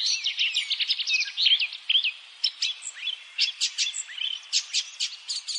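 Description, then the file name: Eurasian blackcap song: rapid chattering warble opening loudly, followed by spaced, sharp high notes and short whistled slurs. "Sylvia atricapilla"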